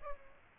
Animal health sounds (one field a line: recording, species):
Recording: mosquito wingbeat signal from an infrared sensor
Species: Aedes aegypti